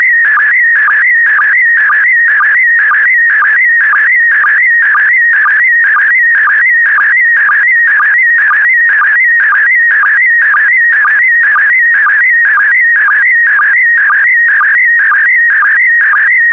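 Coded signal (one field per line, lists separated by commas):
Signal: SSTV (slow-scan television)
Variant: PD120 mode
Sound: warbling, chirping tone with a steady rhythmic low blip about twice a second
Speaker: get ready starting transmission in 5 4 3 2 1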